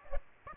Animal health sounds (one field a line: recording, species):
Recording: mosquito wingbeat signal from an infrared sensor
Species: Aedes aegypti